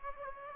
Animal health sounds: mosquito wingbeat signal from an infrared sensor; Aedes aegypti

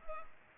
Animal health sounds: mosquito wingbeat signal from an infrared sensor; Culex pipiens

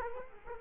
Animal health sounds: mosquito wingbeat signal from an infrared sensor; Culex quinquefasciatus

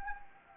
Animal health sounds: mosquito wingbeat signal from an infrared sensor; Anopheles gambiae

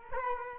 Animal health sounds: mosquito wingbeat signal from an infrared sensor; Culex quinquefasciatus

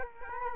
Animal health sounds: mosquito wingbeat signal from an infrared sensor; Culex quinquefasciatus

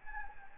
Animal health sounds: mosquito wingbeat signal from an infrared sensor; Anopheles gambiae

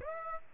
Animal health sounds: mosquito wingbeat signal from an infrared sensor; Aedes aegypti

